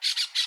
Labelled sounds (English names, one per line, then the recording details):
Brown-throated Parakeet contact call
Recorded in Aruba
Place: hill w/tanki N of Savaneta
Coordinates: 12.461, -69.944